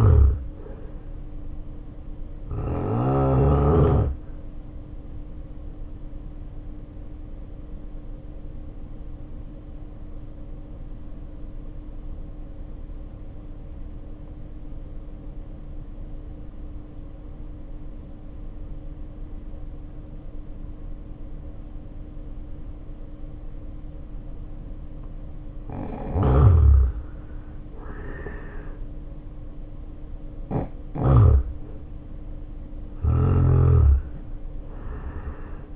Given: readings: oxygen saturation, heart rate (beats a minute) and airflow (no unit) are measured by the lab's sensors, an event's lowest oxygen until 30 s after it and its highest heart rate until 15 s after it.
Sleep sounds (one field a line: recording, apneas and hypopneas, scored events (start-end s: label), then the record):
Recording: breathing in sleep by a smartphone at the bedside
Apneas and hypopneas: 1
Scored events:
10.00-28.50 s: obstructive apnea (N2, oxygen 91% highest, then 78% lowest, heart rate 59 at the start, 71 highest)
17.00-35.76 s: new sleep stage, N1 (lightest sleep)
From the record:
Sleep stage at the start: N2 (light sleep)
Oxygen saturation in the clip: 84 to 93%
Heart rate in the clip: 52 to 71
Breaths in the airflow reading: 3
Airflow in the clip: -2.5 to 1.9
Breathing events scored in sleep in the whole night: 520 in 7.2 hours asleep